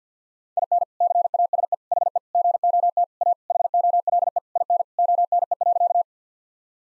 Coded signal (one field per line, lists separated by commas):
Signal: Morse code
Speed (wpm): 50 wpm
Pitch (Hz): 700 Hz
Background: none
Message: IN CASE HE GOT A HOLE IN ONE.